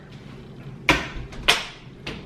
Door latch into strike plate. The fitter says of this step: you just hear it latch.